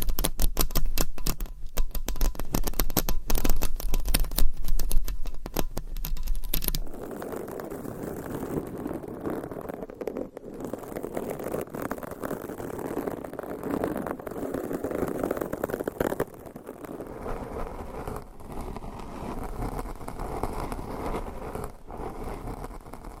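Fingernails scratch across a microphone cover. For the first seven seconds the scratching is fast, crisp and dense, like rapid tapping, over a low hum. It then shifts to a softer, steady rubbing with a muffled, fuller tone and occasional light clicks.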